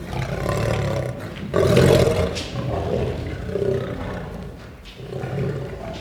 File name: Het grommen en brullen van een leeuw - Sound Cloud - Beeld en Geluid